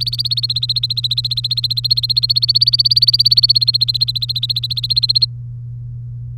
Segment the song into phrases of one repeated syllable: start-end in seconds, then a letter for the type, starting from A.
0.00-5.25 A